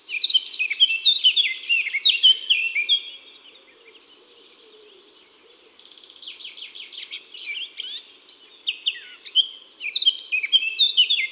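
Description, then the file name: Eurasian blackcap song: fast, varied warbling phrases, a pause with soft background chatter, then another rich burst of quick notes. Song; woods and forests. "Fauvette a tete noire Chants doiseaux des bois et des forets"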